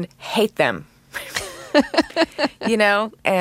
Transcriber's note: laughter